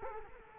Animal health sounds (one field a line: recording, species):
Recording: mosquito wingbeat signal from an infrared sensor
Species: Culex quinquefasciatus